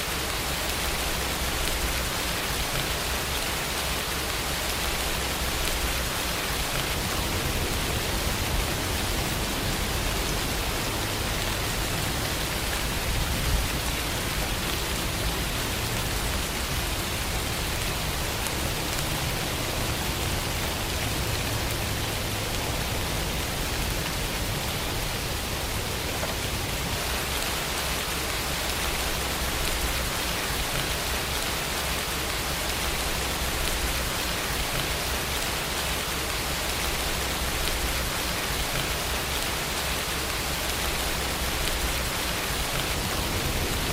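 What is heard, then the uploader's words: Rain falls steadily on a meadow, a dense, even hiss that barely changes over the whole stretch. The sound is full, with a soft low rumble underneath, and no other sounds break through the constant patter. It's raining on a quiet and peaceful meadow.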